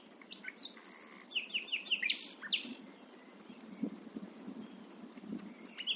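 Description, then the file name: Common nightingale gives one varied phrase of quick chirps and descending notes, followed by several seconds of quiet background. "Luscinia megarhynchos"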